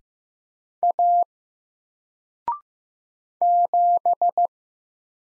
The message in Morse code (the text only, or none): A 7